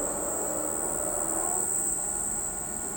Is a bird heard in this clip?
no